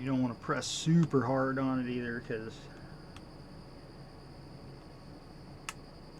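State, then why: Seated. Someone talks while a small internal part is pressed back into place, without pressing too hard, during a USB-C charging port replacement on a Nintendo Switch handheld console. After a quiet stretch, the part snaps in with one sharp click at 5.7 s and is seated.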